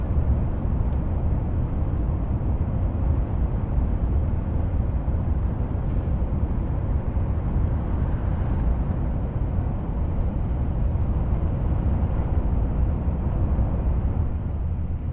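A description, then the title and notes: A train rumbles steadily through a city, its heavy low roar holding an even level for the whole stretch. The sound is dense and unbroken, with a faint high hiss above and a brief brighter rattle around six seconds. CITY TRAIN AMBIENT SOUND.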